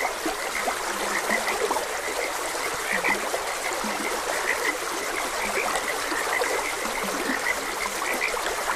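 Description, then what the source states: Frogs croaking, a few low grunting croaks and scattered higher chirps, over a continuous wash of trickling stream water. Frogs croaking beside a gentle stream; nature ambience.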